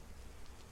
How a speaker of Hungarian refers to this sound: Na, és bónuszként még elkezdett esni az eső is. Csodálatos.